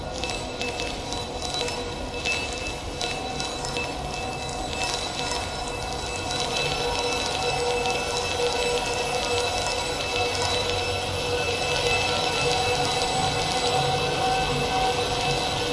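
Chinese metal Baoding balls, heavily processed into a dense, steady wash of ringing metallic tones with a rumbling, rail-like churn underneath. Sustained pitches hang throughout, while quick clicking strikes crowd the first few seconds before the texture thickens and grows slightly louder.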